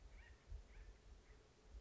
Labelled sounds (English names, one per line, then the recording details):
Acorn Woodpecker
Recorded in Sonoma County, California